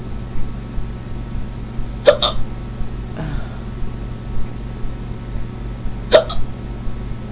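Two abrupt, sharp hiccups about four seconds apart in an adult who has just had sparkling water, each a sudden gulping click with a brief trailing catch, over a steady low background hum. Hiccups: involuntary diaphragm spasms cut off by sudden closure of the vocal cords.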